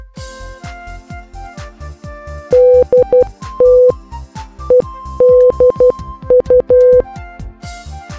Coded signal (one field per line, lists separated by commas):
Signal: Morse code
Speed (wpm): 12 wpm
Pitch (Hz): 500 Hz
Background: music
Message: DT EDU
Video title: RÈN LUYỆN MÃ MORSE | LỖ TẤN | CHỦ NHẬT 26-9-2021 | MORSE CODE